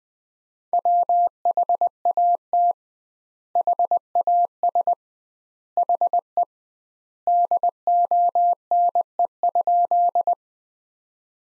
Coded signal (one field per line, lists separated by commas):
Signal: Morse code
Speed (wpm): 20 wpm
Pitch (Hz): 700 Hz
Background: none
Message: WHAT HAS HE DONE?